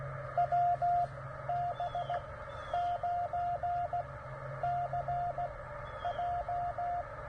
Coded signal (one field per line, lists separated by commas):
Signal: Morse code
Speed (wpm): 16 wpm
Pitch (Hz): 700 Hz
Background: radio noise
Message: WB9CJ